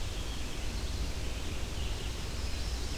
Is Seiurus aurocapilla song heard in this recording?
no